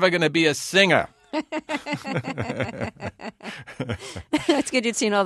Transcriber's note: soundbite of laughter